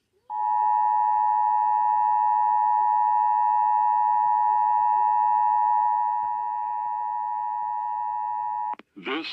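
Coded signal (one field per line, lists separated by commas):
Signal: Emergency Alert System (SAME) tones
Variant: 853 and 960 Hz attention tone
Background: speech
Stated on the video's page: Weekly and monthly EAS tests.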